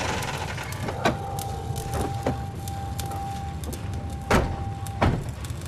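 A car engine idles with a low, steady rumble, then settles as a door clicks open and thunks; a thin, steady tone hums faintly through the middle, with more door knocks near the end.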